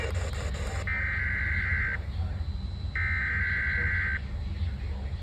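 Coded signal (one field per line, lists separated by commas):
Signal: Emergency Alert System (SAME) tones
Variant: header bursts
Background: speech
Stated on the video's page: Severe thunderstorm warning SAME tones received on NOAA weather radio.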